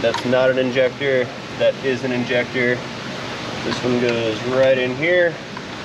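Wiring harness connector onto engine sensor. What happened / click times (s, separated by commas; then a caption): Handled, not yet home: no seating click is heard / none. A wiring harness connector is handled near its cam position sensor on the engine of a Ford Escape while someone talks over a steady background noise. The connector has not been pushed home, and nothing has seated or clicked yet.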